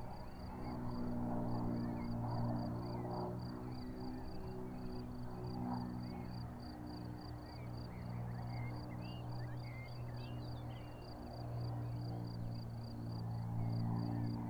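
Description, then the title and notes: Cricket chirping in a quick, regular high pulse over a long engine drone. Crickets chirping on an unnamed road at Vogtsburg im Kaiserstuhl, Germany, overlooking a wide plain, with small aircraft engine noise. "Unnamed Road, 79235 Vogtsburg im Kaiserstuhl, Deutschland - Grillen zirpen. Zirpen der Grillen. Motorenlärm eines Kleinflugzeugs"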